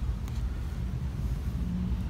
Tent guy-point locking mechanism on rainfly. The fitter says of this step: that locks into place there and